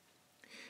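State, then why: Seated. The black plastic clamp on the reflector mount of a Televes DATBOSS LR antenna is pushed down firmly onto the reflector. It locks in place with a short, sharp click at 0.4 s. A brighter, broadband rustle follows until the end of the clip.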